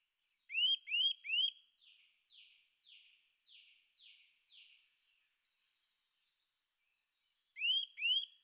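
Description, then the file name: Eurasian nuthatch calling three loud rising whistles, followed by a run of softer descending notes, then quiet, then two more rising whistles. "boomklever"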